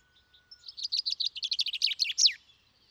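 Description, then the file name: Common chaffinch singing one complete strophe, a rapid series of bright notes closing with an emphatic downward flourish. A thin whistle comes before it. "Fringilla coelebs"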